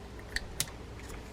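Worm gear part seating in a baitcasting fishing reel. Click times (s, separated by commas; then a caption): 0.6 s. A part on the worm gear of an Abu Ambassadeur Royal Express baitcasting fishing reel, which had been sitting proud, is held down with a finger while the worm gear is turned. A softer tick at 0.4 s is followed by a sharp snap at 0.6 s as the part drops into its seat, and it is seated properly.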